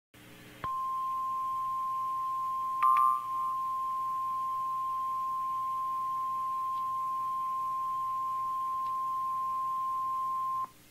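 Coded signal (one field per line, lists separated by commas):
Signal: Emergency Alert System (SAME) tones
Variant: 1050 Hz attention tone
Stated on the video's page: Flash Flood Watch extension relayed by a NOAA weather radio station from the San Angelo, TX forecast office.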